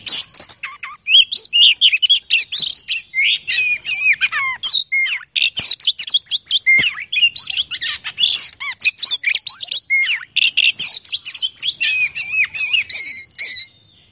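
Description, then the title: Oriental magpie-robin singing a dense, fast medley of whistles and sharp chattering notes in a long, continuous run. Champion-class songbird. "Kicau Burung Kacer Juara"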